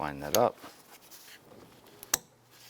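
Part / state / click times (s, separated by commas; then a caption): mirror wiring harness connector into door harness socket / seated / 2.1 s. Someone talks, then the mirror's plastic wiring harness connector on a 2004–2009 Dodge Durango is lined up and pressed into its mating socket inside the door. A faint tick at 2.0 s is followed by a sharp click at 2.1 s as the connector seats.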